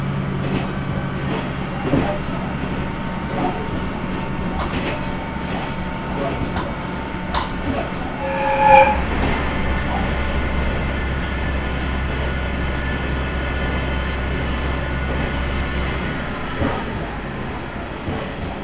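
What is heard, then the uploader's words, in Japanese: Inside a local train running between stations, a steady low rumble and rattle continue throughout, with a brief clank near nine seconds and faint voices. 天竜浜名湖鉄道 西気賀→三ヶ日。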